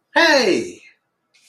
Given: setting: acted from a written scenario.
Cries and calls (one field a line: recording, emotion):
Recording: vocal sound without words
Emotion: positive surprise